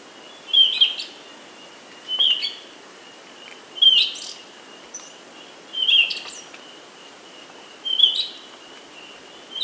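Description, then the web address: Glossy-black thrush singing high, brief twittering phrases repeated every couple of seconds, several phrases heard against quiet background hiss. Andean bird recorded in South America. "Natures Songs S America Andean Birds. Glossy-Black Thrush (Turdus Serranus)"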